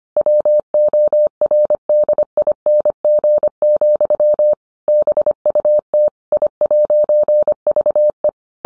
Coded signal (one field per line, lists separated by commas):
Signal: Morse code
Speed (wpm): 25 wpm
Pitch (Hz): 600 Hz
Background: none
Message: WORDING, BUT I'VE